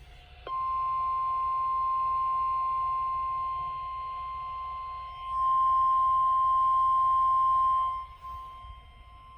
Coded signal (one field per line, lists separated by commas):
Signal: Emergency Alert System (SAME) tones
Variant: 1050 Hz attention tone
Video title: Typical Wednesday Shenanigans || EAS #79-80